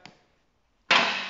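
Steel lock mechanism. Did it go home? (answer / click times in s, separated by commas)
released / 0.9 s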